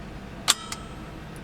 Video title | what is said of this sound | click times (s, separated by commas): 2009 Ford Crown Victoria (P71) Loaded Part 1. | If we go here, you're gonna hear a click in the background. | 0.5 s